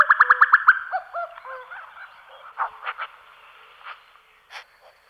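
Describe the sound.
Common cuckoo: a fast burst of about seven rapid notes, then scattered, varied notes and a few short bursts, fading out.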